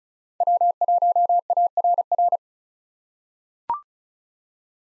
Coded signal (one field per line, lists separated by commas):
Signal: Morse code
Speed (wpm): 36 wpm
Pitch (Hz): 700 Hz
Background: none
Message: W1ARR